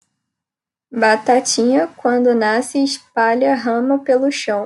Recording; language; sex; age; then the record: short text; Brazilian Portuguese; female; 20 to 29 years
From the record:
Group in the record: control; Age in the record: 23 years